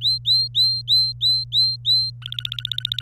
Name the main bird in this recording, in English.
Domestic Canary